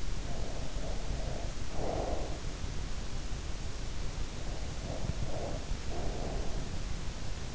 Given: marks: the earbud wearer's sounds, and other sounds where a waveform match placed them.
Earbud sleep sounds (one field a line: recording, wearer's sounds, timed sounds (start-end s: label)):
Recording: sounds in sleep by an in-ear microphone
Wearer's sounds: breath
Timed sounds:
0.00-2.77 s: breath
4.61-6.87 s: breath